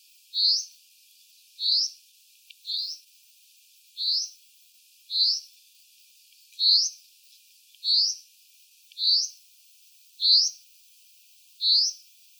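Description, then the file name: Common chaffinch calling: a short, bright, upward-slurred note repeated about ten times, roughly once every one to one and a half seconds, over a quiet background. "Fringilla coelebs"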